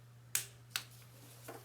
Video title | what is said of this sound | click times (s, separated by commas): Mercedes E350 Valve Cover Gasket Replacement | I hope you can hear the torque wrench click. | 0.4 s